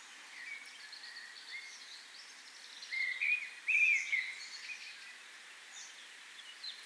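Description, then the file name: European robin, a short burst of thin warbled notes near the middle, over steady hiss. "Erithacus rubecula"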